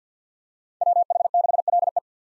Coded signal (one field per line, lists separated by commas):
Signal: Morse code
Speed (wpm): 50 wpm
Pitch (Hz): 700 Hz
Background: none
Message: WH6LE